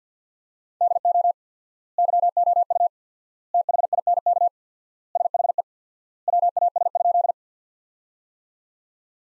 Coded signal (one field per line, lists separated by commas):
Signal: Morse code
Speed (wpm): 50 wpm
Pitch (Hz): 700 Hz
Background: none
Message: DO YOU THINK SHE WAS?